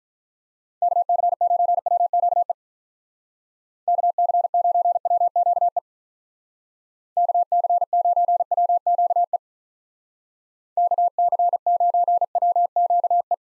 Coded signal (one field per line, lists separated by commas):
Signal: Morse code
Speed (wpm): 48 wpm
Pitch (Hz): 700 Hz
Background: none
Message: KC9WQE KC9WQE KC9WQE KC9WQE